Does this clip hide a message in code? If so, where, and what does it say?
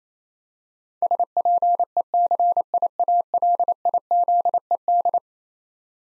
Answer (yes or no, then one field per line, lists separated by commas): yes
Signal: Morse code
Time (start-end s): 1.0-5.2 s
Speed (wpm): 27 wpm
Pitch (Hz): 700 Hz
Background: none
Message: SPECIALIZED